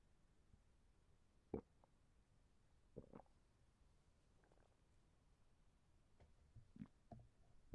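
Brief, irregular gurgles and squelches rise from a quiet background, about seven bursts in eight seconds, some with a short tonal squeak. These are bowel sounds, ordinary stomach rumbling from hunger in an adult, a sound effect.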